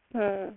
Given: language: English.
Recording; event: throat vibration sensor signal played as sound; speech